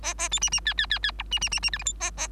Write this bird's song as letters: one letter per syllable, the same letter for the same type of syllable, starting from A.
A A B C C D D D D E C C C C F G H A A